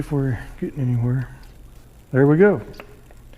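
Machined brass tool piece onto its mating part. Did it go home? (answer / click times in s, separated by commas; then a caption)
no / none. A freshly machined brass power steering tool piece is being handled for a test fit onto its mating part while a man talks. Only faint, small sounds follow the speech near the end, and nothing has seated or popped into place yet.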